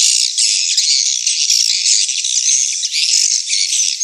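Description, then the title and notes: Swiftlets calling together in a busy, high, buzzy twitter, many short notes blurring into one unbroken wash. Swiftlet house sound of the AKAU brand, from Tien Giang, Vietnam. "Am thanh nha yen Akau Vietnam - Tien giang. Những âm thanh chim yến thuộc thương hiệu AKAU"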